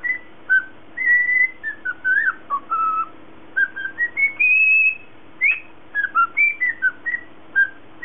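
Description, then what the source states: Cockatiel whistling a long run of pure notes that rise and fall, including a sustained high tone midway, with a low hum underneath. Lutino colour variety.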